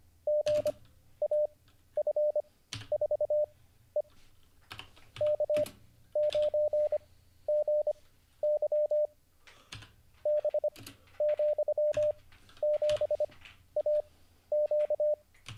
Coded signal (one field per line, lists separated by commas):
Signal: Morse code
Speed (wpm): 25 wpm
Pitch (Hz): 600 Hz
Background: none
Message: GAF4E K9GY B,7AQ